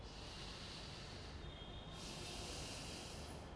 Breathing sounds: one breath in and out by a microphone near the nose and mouth; deep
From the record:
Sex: male

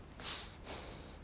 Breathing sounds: one breath in and out by a microphone near the nose and mouth; strong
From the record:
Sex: male

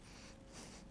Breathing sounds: one breath in and out by a microphone near the nose and mouth; strong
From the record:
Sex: male

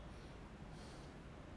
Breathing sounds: one breath in and out by a microphone near the nose and mouth; normal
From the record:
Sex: male

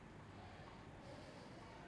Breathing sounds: one breath in and out by a microphone near the nose and mouth; normal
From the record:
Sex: male

